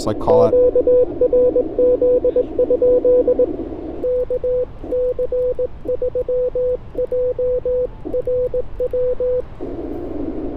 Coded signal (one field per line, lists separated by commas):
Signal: Morse code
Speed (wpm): 19 wpm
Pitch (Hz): 500 Hz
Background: speech, radio noise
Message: QRZ? KC3JRW